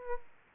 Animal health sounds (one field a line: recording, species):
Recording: mosquito wingbeat signal from an infrared sensor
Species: Aedes aegypti